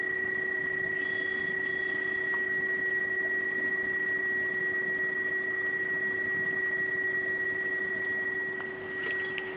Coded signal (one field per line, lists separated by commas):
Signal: PSK31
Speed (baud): 31.25 baud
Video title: PSK31 QSO A65BC in Abu Dhabi & DU3MEL in Mabalacat Pampanga Philippines